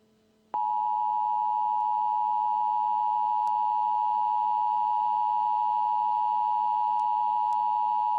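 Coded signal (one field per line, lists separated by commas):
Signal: Emergency Alert System (SAME) tones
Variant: 853 and 960 Hz attention tone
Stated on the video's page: Mock EAS alert based on the cartoon The Amazing World of Gumball.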